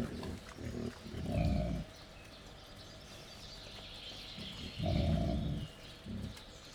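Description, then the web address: Wild boar grunting in low, rough bursts, a short series near the start and a longer loud grunt around five seconds, with birds singing faintly in the background. Wild boar at a laid-out feeding table, Jászberény Zoo, 1 May 2015. "allathangok jaszberenyizoo 2015 professzionalis vaddiszno teritettasztal c 05 01"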